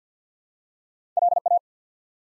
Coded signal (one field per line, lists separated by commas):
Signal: Morse code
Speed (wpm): 49 wpm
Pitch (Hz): 700 Hz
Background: none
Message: LA